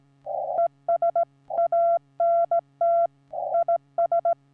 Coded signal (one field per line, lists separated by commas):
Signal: Morse code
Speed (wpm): 16 wpm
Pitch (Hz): 680 Hz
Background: none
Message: ES ANT IS